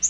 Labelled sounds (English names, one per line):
Yellow-rumped Warbler flight call